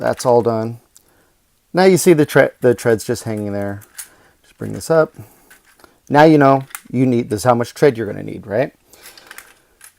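Someone talks while handling a plastic tread section on a Zeta Toys ZA-04 Uproar transforming figure, moving the dangling tread up into position. A few faint plastic taps and handling sounds are heard near the end, but nothing has seated or clicked into place yet.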